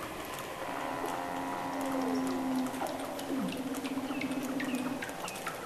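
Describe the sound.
Weddell seal calls: a low steady hum, a sliding downward whistle, then a buzzy pulsed tone, with faint chirps and high sweeps behind.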